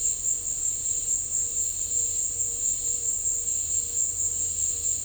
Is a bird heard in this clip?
no